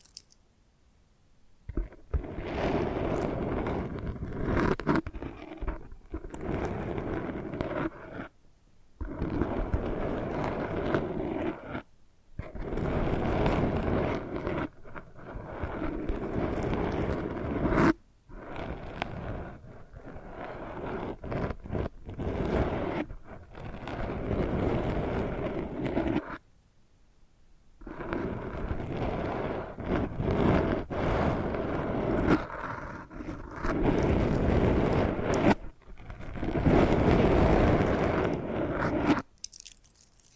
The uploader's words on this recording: ASMR Hypnotic First Person Triggers Ear Scratching, Face Brushing etc (No Talking).